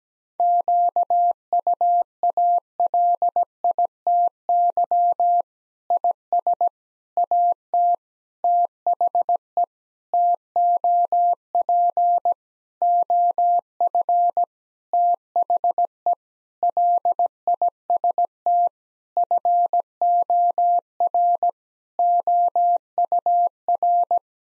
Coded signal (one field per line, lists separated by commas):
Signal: Morse code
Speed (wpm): 17 wpm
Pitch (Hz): 700 Hz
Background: none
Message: QUALITY IS AT THE TOP OF THE LIST FOR OUR